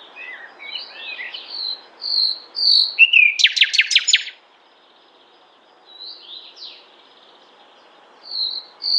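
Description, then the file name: Common nightingale giving varied whistles, then a loud harsh rattling trill, falling silent before soft scattered chirps and a final loud note. "Luscinia megarhynchos"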